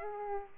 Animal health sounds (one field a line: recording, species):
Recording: mosquito wingbeat signal from an infrared sensor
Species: Aedes aegypti